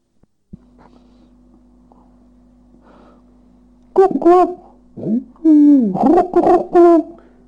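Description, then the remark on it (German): A man, a professor, imitates pigeons cooing, giving a run of four or five low, throaty, warbling coos after several seconds of near silence with a faint steady hum. “Auch die Stimmen der Tauben konnte der Professor gut nachahmen.”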